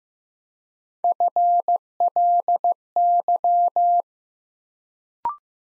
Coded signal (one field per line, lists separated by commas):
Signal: Morse code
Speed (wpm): 15 wpm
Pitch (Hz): 700 Hz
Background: none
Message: FLY